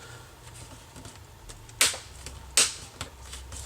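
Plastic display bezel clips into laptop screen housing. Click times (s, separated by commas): 1.8 s, 2.6 s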